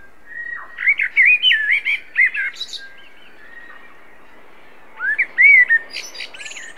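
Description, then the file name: Common blackbird singing a fluted, melodious warble with a high twittery ending, then silence before a second rich phrase starts. "Turdus merula"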